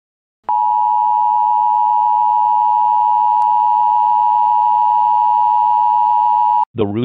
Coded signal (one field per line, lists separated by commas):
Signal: Emergency Alert System (SAME) tones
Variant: 853 and 960 Hz attention tone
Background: speech